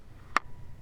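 A pistol fitted with a weapon light is pushed into a Werkz Holsters M6 Kydex inside-the-waistband light-bearing holster. A single sharp, bright click is heard at 0.4 s against a quiet background. The pistol snaps into the holster's retention and is seated.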